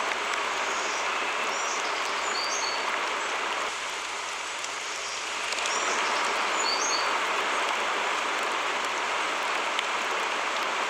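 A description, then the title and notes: Steady rain falls in a dense, even hiss that fills the scene, easing slightly for a moment near the middle before returning. Soft, high bird chirps come through in short bursts early on and again around six to seven seconds. Rainy Day. Sounds of rain with soft bird song features.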